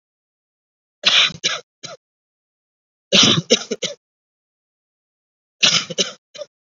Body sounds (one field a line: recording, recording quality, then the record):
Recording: shallow voluntary cough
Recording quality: excellent, no background noise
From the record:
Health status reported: COVID-19 positive, moderate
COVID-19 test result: positive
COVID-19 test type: RT-PCR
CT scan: not taken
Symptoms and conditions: cough, cold, breathing difficulty, sore throat, fever, fatigue, muscle pain, loss of smell and taste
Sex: male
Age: 26 years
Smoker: no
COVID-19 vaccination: both doses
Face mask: worn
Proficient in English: no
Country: India